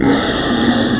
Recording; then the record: squeal of a Yucatan mini pig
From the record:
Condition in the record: before surgery on the right vocal fold (resection and tissue-engineered implant); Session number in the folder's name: 3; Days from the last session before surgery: 0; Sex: female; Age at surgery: 19 weeks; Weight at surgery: 25 kg